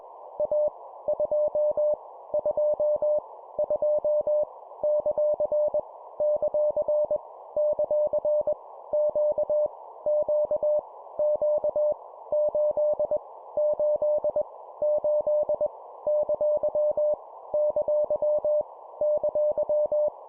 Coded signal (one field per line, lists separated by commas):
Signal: Morse code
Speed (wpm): 21 wpm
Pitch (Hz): 600 Hz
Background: none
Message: A 2 2 2 ; ; ; Q Q Q 8 8 8 ! ! !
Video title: 20wpm Repeat three times Random Letter Number Punctuation, cw morse code practice